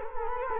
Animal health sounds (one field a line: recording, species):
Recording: mosquito wingbeat signal from an infrared sensor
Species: Culex quinquefasciatus